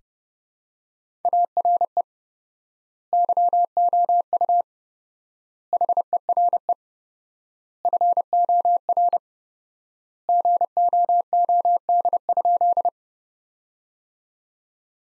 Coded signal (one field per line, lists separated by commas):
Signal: Morse code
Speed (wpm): 32 wpm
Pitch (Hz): 700 Hz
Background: none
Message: ARE YOU HERE FOR GOOD?